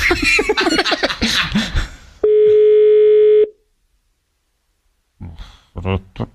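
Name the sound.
telephone line tone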